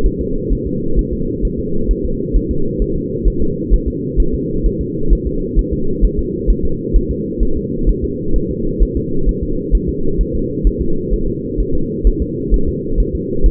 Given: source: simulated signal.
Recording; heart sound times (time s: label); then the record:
fetal heart sounds
0.06 s: S1
0.21 s: S2
0.53 s: S1
0.67 s: S2
0.99 s: S1
1.13 s: S2
1.45 s: S1
1.59 s: S2
1.91 s: S1
2.05 s: S2
2.36 s: S1
2.51 s: S2
2.82 s: S1
2.96 s: S2
3.28 s: S1
3.42 s: S2
3.74 s: S1
3.88 s: S2
4.20 s: S1
4.34 s: S2
4.66 s: S1
4.81 s: S2
5.13 s: S1
5.27 s: S2
5.59 s: S1
5.73 s: S2
6.05 s: S1
6.19 s: S2
6.50 s: S1
6.65 s: S2
6.96 s: S1
7.11 s: S2
7.43 s: S1
7.57 s: S2
7.89 s: S1
8.04 s: S2
8.36 s: S1
8.51 s: S2
8.83 s: S1
8.97 s: S2
9.29 s: S1
9.43 s: S2
9.75 s: S1
9.89 s: S2
10.21 s: S1
10.35 s: S2
10.67 s: S1
10.81 s: S2
11.13 s: S1
11.28 s: S2
11.60 s: S1
11.75 s: S2
12.07 s: S1
12.22 s: S2
12.54 s: S1
12.69 s: S2
13.00 s: S1
13.15 s: S2
13.46 s: S1
From the record:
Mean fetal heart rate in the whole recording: 130 bpm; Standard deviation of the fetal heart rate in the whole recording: 2 bpm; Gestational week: 36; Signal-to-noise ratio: -8.1 dB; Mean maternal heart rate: 72 bpm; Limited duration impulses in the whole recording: absent